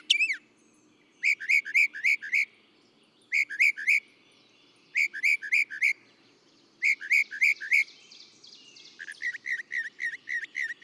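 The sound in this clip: Northern mockingbird song: a downslurred whistle followed by several short groups of four or five rapid repeated chirps, ending in a softer series.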